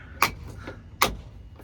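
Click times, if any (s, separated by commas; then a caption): 1.0 s. A plastic mounting knob inside a Thule Motion XT L roof cargo box on a Subaru Forester is spun clockwise, tightening its clamp against the metal roof rack crossbar. A sharp tick sounds at 0.2 s, then the knob's torque limiter gives a louder click at 1.0 s, meaning the clamp is locked at its set force, and spinning further does nothing.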